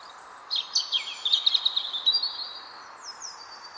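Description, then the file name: European robin song: a single quick phrase of high, thin, trilling notes, then a couple of faint squeaky notes, over background hiss. "Erithacus rubecula"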